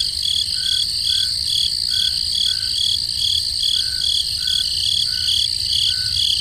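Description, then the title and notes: Chorus of crickets with continuous high shrill trilling and evenly pulsed chirps, a softer lower chirp recurring roughly every half second to second. Crickets in the forest at night. "Peaceful Cricket Sounds at Night - Calming Sounds of Nature. relaxing crickets in the forest at night. Sleep and Relaxation Podcast"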